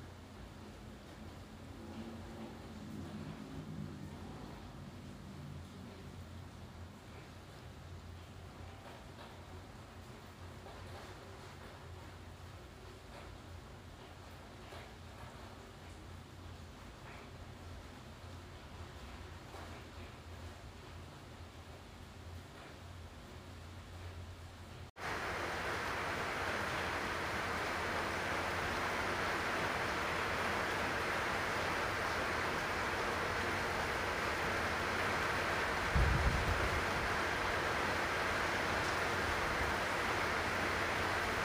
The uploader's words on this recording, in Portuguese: Esse episódio é uma coleção de sons de chuva gravados por mim com o objetivo de propiciar um ambiente relaxante.